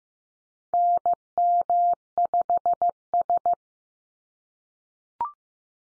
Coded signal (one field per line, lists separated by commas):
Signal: Morse code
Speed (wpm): 15 wpm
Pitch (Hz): 700 Hz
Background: none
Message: NM5S